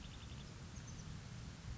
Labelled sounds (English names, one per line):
Oak Titmouse